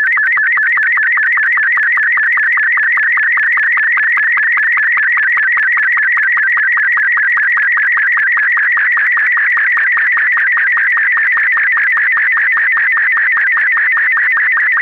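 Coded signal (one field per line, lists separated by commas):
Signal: SSTV (slow-scan television)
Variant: Robot 24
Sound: warbling, chirping tone with fast regular clicks, several per second, steady throughout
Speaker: Het plaatje is in de standaard robot 24. Robot 24.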